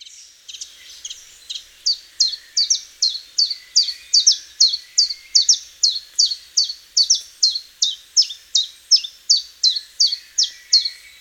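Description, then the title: Common chiffchaff song: a steady run of bright, sharp chip notes, repeated rapidly. "Sylvain Jaskowiak - Mes piafs. Pouillot véloce"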